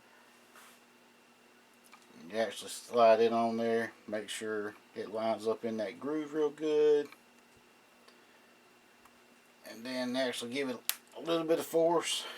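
A plastic Traxxas hex wheel hub is slid onto the axle of a Danchee RidgeRock RC car and lined up in its groove before force is applied to snap it home. Someone talks throughout, with faint short ticks of handling near 1.9, 8.1 and 9.1 seconds. Nothing has seated or clicked yet.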